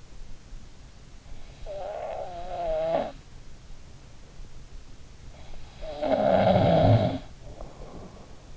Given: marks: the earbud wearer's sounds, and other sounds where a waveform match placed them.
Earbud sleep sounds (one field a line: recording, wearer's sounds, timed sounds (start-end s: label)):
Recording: sounds in sleep by an in-ear microphone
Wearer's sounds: snoring breath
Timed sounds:
1.47-3.29 s: snoring breath
5.45-8.57 s: snoring breath